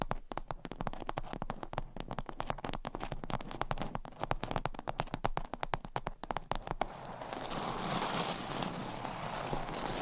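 Rapid tapping and scratching fills the first seven seconds, a dense run of sharp clicks at an irregular, quick pace. Around seven seconds the taps stop and a steady, soft hiss of scratching takes over, brighter and smoother, continuing to the end.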